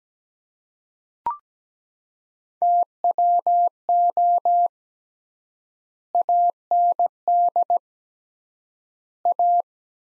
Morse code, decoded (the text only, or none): TWO AND A